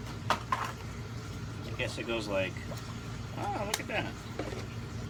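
A plastic Aquastop hose valve block is fitted onto the lid of a Fluval 306 canister filter and locks into place, with sharp clicks at 0.3 s and 0.5 s. Someone talks over a steady low background hum.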